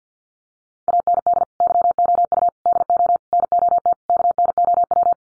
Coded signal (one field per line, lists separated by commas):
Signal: Morse code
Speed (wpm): 50 wpm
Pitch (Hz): 700 Hz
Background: none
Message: AND YOU DO NOT KNOW